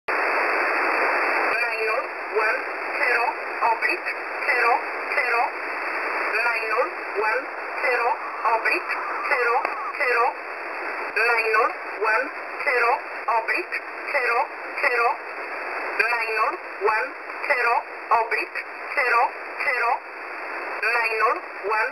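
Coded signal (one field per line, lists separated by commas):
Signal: numbers station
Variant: E11 Oblique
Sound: radio hiss, then a voice reading short words at an even, steady pace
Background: radio static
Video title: E11 Oblique 02/12/2023 1430 UTC 13363kHz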